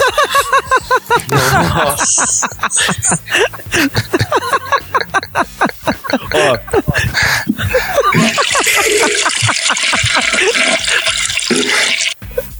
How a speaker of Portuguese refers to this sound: você deu descarga aí?